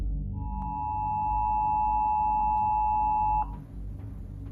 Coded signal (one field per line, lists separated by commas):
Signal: Emergency Alert System (SAME) tones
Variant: 853 and 960 Hz attention tone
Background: music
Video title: Rare & Unsettling Emergency Alert System Broadcasts Explained